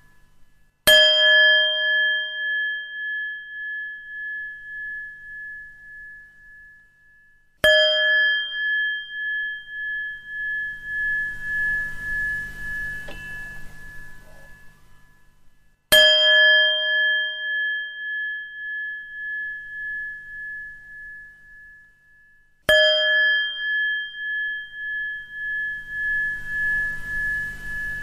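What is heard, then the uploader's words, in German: A singing bowl is struck four times, at about 1, 8, 16 and 23 seconds, each strike ringing out in a long, slowly fading tone with a steady wavering pulse. The ring is clear and bright, with a faint low rumble under the second and fourth strikes. Klangzauber der Klangschale. Tiefen und beruhigenden Klänge, die von der Klangschale erzeugt werden.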